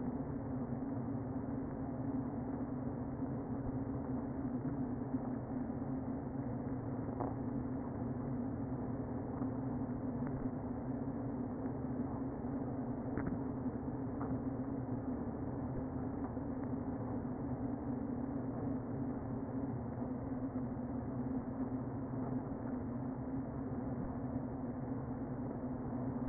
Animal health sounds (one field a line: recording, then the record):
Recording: honeybee colony, microphone inside the hive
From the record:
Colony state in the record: queen present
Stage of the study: before two queens were removed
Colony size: about 60,000 bees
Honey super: yes